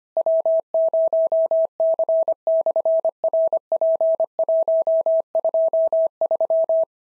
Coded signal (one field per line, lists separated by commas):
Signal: Morse code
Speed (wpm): 25 wpm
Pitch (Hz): 650 Hz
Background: none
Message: W0C/RP123